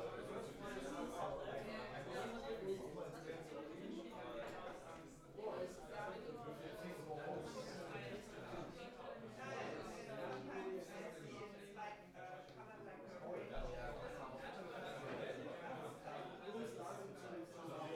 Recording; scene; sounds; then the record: everyday scene through a hearing-aid microphone; many people talking; many voices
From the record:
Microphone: behind the ear, left, front